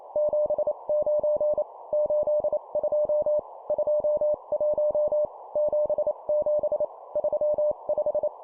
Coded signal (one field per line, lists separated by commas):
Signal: Morse code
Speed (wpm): 28 wpm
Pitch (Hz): 600 Hz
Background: none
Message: 79 82 21 77 35